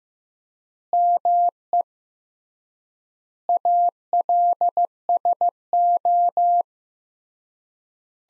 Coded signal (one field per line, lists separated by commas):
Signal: Morse code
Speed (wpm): 15 wpm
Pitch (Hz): 700 Hz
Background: none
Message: ME ALSO